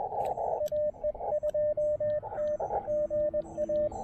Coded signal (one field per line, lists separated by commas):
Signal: Morse code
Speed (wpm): 20 wpm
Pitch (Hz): 590 Hz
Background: radio noise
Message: AE2T GA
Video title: QRP POTA: Beating the propagation blues at Stonelick State Park!